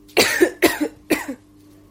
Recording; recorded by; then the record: voluntary cough; messaging app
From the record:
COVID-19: positive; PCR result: self-reported